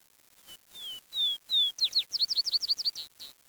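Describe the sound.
Bird song: four clear, slightly falling whistles, then a quick series of about ten sharp, twittering chirps rising and falling, ending in one softer note.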